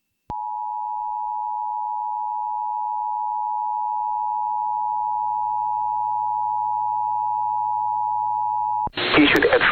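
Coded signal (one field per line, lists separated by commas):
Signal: Emergency Alert System (SAME) tones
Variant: 853 and 960 Hz attention tone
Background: speech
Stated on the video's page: Severe Thunderstorm Warning from NWS Medford relayed by an FM station, recorded from the station's online live stream.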